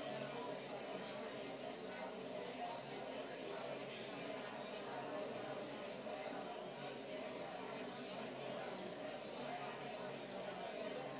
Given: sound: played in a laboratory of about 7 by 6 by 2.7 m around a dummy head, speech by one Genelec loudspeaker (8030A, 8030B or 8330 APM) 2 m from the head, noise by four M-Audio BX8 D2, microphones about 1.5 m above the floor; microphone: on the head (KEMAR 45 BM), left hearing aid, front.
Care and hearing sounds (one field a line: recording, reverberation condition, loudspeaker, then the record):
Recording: babble noise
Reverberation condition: medium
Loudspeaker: four, about 170 cm from the corners of the room and facing them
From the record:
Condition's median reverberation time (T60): about 510 ms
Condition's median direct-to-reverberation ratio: about -0.5 dB